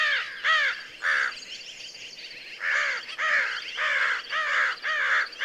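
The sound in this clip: American crow cawing, harsh downslurred notes repeated in uneven runs, some longer flat caws mixed in.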